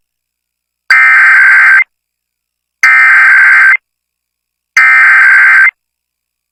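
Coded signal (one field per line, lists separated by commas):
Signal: Emergency Alert System (SAME) tones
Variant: header bursts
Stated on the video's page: Required Monthly Test for Virginia captured from an FM station's 93.5 online stream.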